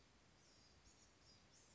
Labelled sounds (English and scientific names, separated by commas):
Blue-gray Gnatcatcher (Polioptila caerulea)